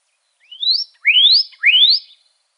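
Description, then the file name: Pyrrhuloxia giving three clear whistles in a row, each climbing smoothly from low to high, the first softer than the next two. Recorded in Arizona on 3 March 2008. "PYRR 3 Deviche"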